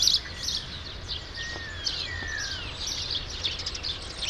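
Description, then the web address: True sparrows giving rapid high chirps in a busy chorus, with a louder burst at the start and a few thin whistles. "sound True-sparrows"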